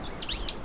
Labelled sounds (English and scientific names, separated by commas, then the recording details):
Stitchbird (Notiomystis cincta) song
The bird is a male
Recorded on Tiritiri Matangi Island, New Zealand, in 2005
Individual 1, of nest box 1